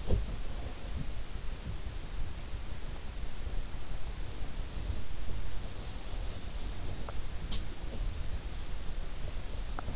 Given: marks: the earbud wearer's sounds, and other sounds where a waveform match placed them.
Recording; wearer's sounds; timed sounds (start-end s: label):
sounds in sleep by an in-ear microphone; teeth grinding
0.00-0.24 s: teeth grinding
7.89-8.02 s: teeth grinding
9.72-9.86 s: teeth grinding